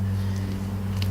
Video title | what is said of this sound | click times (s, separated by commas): UUUUGGHH!!!!! It's Monday ep. 31 | And these arms snap on very easily too. | 1.0 s